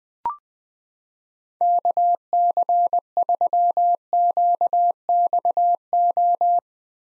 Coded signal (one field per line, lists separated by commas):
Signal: Morse code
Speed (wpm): 20 wpm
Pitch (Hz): 700 Hz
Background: none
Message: KC3QXO